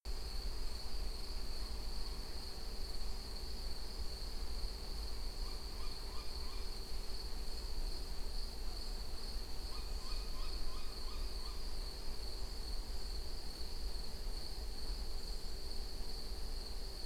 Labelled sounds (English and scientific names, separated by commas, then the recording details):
unidentified animal sound, Tawny Owl (Strix aluco), man-made sound
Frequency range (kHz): Tawny Owl (Strix aluco) 0.9-3.8 kHz
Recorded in France